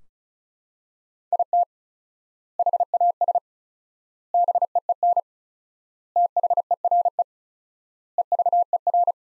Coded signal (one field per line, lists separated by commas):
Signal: Morse code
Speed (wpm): 36 wpm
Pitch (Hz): 700 Hz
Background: none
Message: IT HAS BEEN THERE EVER